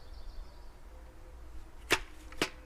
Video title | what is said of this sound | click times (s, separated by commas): 80V Kobalt Cordless String Trimmer Review | right there you insert this here until that clicks into place right there into that hole | 2.4 s